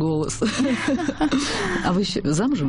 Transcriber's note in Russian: все смеются